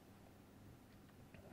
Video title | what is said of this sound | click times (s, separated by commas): Key replacement on Apple Macbook 2017 Pro with Touch Bar 15" | just like that click in place | 1.3 s